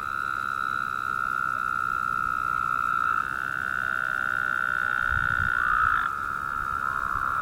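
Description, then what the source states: Woodhouse's toads giving long, overlapping buzzy trills without pause, with a dull low thump late in the recording. More than one toad.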